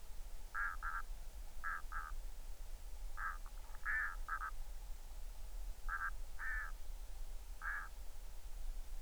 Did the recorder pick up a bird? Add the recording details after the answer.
yes. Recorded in the Arctic National Wildlife Refuge, Alaska, on 20 July 2019 at 02:49. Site 38